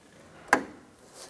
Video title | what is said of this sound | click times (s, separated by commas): How to Replace Exterior Door Handle 1997-2006 Jeep Wrangler | and you can hear it and feel it locking into place | 0.5 s